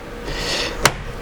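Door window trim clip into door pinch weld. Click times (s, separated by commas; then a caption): 0.9 s. A plastic window trim piece on a GX470 door is smacked down by hand, and a door window trim clip snaps home into the door pinch weld with one sharp, bright click at 0.9 s over faint background hiss. The clip is seated.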